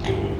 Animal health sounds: contact call of a hoofed animal; pig; closed-mouth grunt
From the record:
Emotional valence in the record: positive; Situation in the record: food and toys in familiar pen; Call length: 0.40 s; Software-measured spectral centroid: 1580 Hz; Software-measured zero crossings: 1040 a second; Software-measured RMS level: -24 dBFS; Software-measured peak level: -10 dBFS

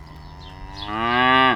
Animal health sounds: contact call of a hoofed animal; cattle; low-frequency (closed-mouth) or high-frequency (open-mouth) call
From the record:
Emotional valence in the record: negative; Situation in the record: full separation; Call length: 1.56 s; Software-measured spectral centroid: 1780 Hz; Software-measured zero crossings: 2180 a second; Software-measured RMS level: -21 dBFS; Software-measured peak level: -4 dBFS

